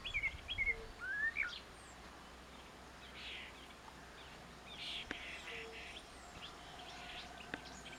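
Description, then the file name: Common blackbird with a brief burst of warbled, fluty notes at the start, followed by quieter faint sounds. "Turdus merula"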